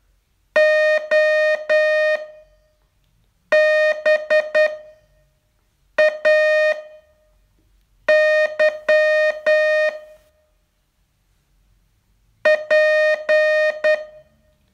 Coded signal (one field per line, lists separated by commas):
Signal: Morse code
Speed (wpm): 10 wpm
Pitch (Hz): 620 Hz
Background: music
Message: OBAY P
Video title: Learn Morse in 42 Days from VU2LAU - day 37 test